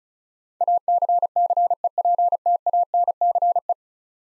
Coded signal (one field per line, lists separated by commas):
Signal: Morse code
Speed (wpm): 36 wpm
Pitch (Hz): 700 Hz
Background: none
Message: ACCEPTANCE